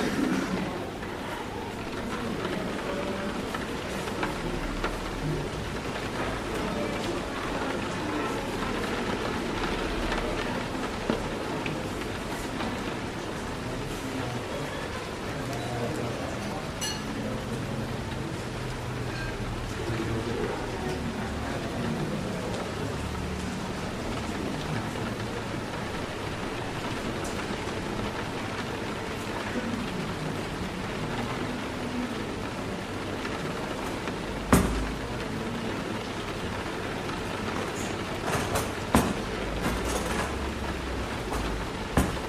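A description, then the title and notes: Rain patters steadily on the window while people chatter quietly in a cafe, a dense, even murmur with a low rumble beneath. Occasional sharp clinks of cups and dishes break through, most clearly near thirty-five and thirty-nine seconds. Rain patters on the window, people chatter quietly at their tables, and cups filled with warm coffee clink behind the bar. Rainy Day Coffee Shop Ambience.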